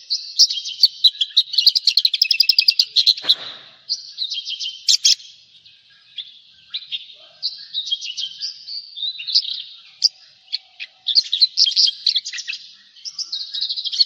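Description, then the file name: Javan bush lark song: fast trilled chatter at first, then varied buzzy phrases and sharp notes spaced through the rest. "suara burung branjangan jawa"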